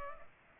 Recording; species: mosquito wingbeat signal from an infrared sensor; Culex pipiens